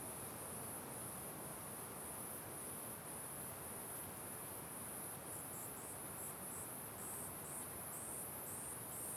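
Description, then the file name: Cricket trilling steadily at first, then broken into short repeated high chirps in the second half, over a constant wind rush. Crickets in strong wind at the Simão Correa waterfall. "Ambiencia com Vento Forte Passaros e Grilos na Cachoeira Simao Correa"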